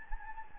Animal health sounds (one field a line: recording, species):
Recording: mosquito wingbeat signal from an infrared sensor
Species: Anopheles gambiae